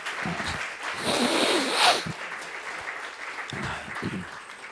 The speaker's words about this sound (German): Jetzt staune ich aber, es gab ja doch Beifall.